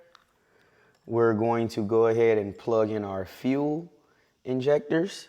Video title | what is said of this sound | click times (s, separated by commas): PT.5 INSTALLING THE TOP ROCKER BOX COVER, THROTTLE BODY AND MANIFOLD AIR CLEANER AND PUSH RODS | Go ahead, lock that one in right there. | 0.2 s